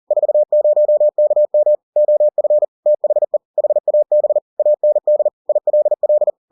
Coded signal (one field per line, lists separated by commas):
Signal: Morse code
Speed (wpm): 40 wpm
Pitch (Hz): 600 Hz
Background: none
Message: 40KM OF THE HAB AND ILL